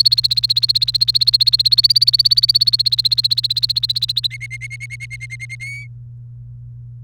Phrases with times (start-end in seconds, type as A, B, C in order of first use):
0.00-4.27 A, 4.31-5.55 B, 5.60-5.85 C